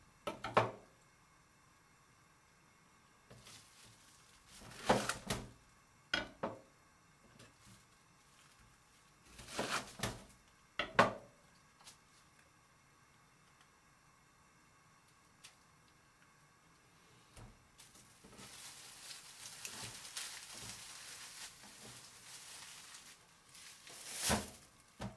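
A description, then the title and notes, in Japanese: Dishwashing sounds: scattered sharp clinks and clatters over a quiet background, then from about eighteen seconds a steady hiss like running water. 洗い物の後はえびそば。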